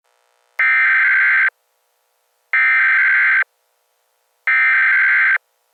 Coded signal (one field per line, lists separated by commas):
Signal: Emergency Alert System (SAME) tones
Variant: header bursts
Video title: EAS SCENARIO - America Gone to Hell Part 1